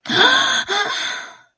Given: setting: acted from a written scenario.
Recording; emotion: vocal sound without words; distress